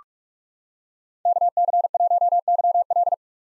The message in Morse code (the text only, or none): KC1YL